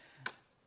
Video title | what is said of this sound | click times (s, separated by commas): HobbyMaker Live | and it locks into place it's the same concept as each layer you lock it into place | 0.3 s